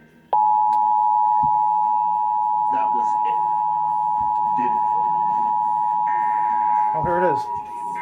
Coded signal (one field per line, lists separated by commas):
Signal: Emergency Alert System (SAME) tones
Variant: 853 and 960 Hz attention tone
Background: speech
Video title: NATIONAL EAS TEST 2016